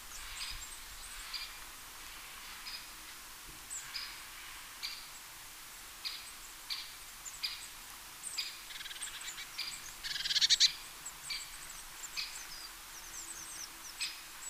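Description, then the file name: Eurasian blue tit calls: a series of harsh, buzzy bursts at uneven intervals, with a louder scratchy run late and thin high notes over background hiss. "Cyanistes caeruleus"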